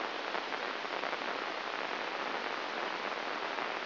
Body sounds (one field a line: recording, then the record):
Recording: brain microelectrode recording played as sound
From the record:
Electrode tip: inside the subthalamic nucleus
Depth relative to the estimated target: 2 mm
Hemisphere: right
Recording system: AlphaMap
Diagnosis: Parkinson's disease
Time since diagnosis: 7 years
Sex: female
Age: 49 years